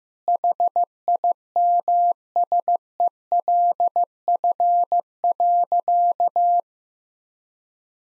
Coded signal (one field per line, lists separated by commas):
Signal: Morse code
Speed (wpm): 15 wpm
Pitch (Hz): 700 Hz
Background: none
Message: HIMSELF.